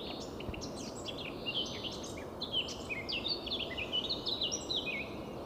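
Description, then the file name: Eurasian blackcap song: a brisk scratchy warble building into a string of clearer whistled notes, with a constant hiss behind. "Sylvia atricapilla"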